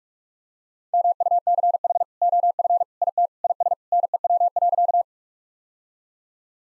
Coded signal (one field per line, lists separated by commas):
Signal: Morse code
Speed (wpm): 45 wpm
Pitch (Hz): 700 Hz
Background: none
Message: MUCH OF IT IS NEW.